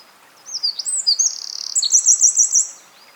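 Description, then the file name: Eurasian wren pouring out a loud, high song of quick whistles, a rattling trill and a closing string of evenly repeated sharp notes. "Troglodytes troglodytes"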